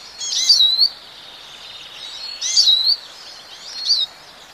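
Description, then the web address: Eurasian siskin: three brief phrases of strained, wheezy, slurred notes, spaced by pauses. "Bird Song Site Siskin - Tarin"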